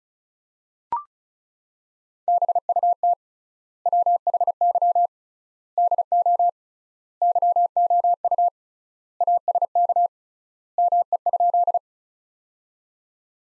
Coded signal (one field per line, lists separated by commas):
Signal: Morse code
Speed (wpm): 36 wpm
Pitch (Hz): 700 Hz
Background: none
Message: BUT WHY DO YOU ASK ME?